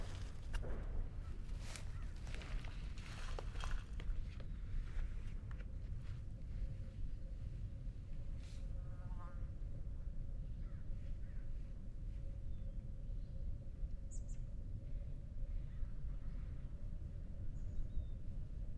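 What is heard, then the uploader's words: Outdoor ambience at Tilden Regional Park in Orinda, California, dominated by a steady low rumble like passing traffic or wind. Scattered clicks and rustles come through in the first eight seconds, a faint tone hums through the middle, and a brief high chirp sounds around fourteen seconds. Tilden Regional Park - Orinda, CA. Zoom H6. Magnetic Microphone Mounts.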